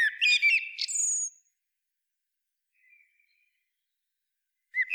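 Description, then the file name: Common blackbird giving a quick fluted warble ending in a thin high squeak, followed by silence, a faint soft note, and the start of the next phrase. "Turdus merula"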